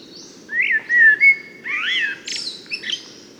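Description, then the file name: Common blackbird giving one short song phrase: a few clear, looping fluty whistles followed by a brief squeaky twitter, against a soft steady hiss. "Turdus merula"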